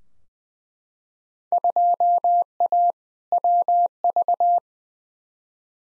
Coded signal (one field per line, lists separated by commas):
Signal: Morse code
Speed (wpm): 20 wpm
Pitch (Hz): 700 Hz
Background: none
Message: 2A WV